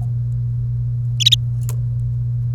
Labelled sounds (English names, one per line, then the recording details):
Domestic Canary song
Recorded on 1 May 2018 at 08:33
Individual llb3